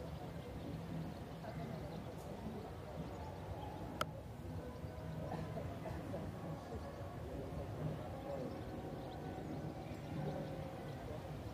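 People pass by amid a steady, dense murmur of overlapping conversation fragments, low and constant, with a single sharp click near four seconds.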